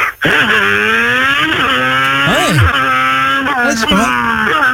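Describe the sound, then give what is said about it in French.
A voice imitates a Lamborghini engine, a sustained buzzing growl with many harmonics that revs up and down in pitch several times over nearly five seconds, loud throughout after a brief spoken word. “Alors, vas-y, fais l'imitation de la Lamborghini.”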